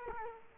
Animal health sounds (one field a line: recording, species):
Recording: mosquito wingbeat signal from an infrared sensor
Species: Culex quinquefasciatus